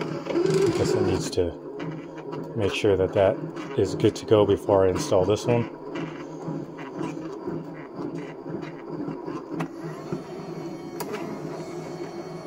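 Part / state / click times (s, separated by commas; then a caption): ceramic filament guard onto a plastic feed neck of a filament feeder unit / seated / 9.6 s, 11.0 s. A ceramic filament wear guard is pressed onto the plastic feed neck of a 3D printer's automatic material system filament feeder unit while someone talks over a low background hum. After the talking, sharp clicks sound at 9.6 s and 11.0 s as the guard snaps on and is confirmed seated solidly.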